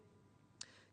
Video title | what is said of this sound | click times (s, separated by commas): JewelleryMaker LIVE 27/02/2022 8am-5pm | get the claws lined up with the facets and pop it in i've just done it again did you hear the snap | 0.6 s